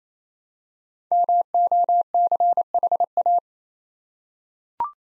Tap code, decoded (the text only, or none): none